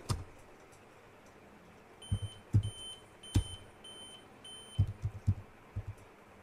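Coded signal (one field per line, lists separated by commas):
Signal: beep code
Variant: Dell laptop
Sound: several short, even high-pitched beeps in a row, with low knocks and thumps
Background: room noise, handling thumps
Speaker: all right so once we are still on the bio settings you can still observe that the beeping sound is still is still beeping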